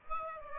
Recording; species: mosquito wingbeat signal from an infrared sensor; Aedes aegypti